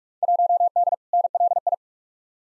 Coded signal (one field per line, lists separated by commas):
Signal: Morse code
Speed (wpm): 47 wpm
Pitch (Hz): 700 Hz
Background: none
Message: 1D NLI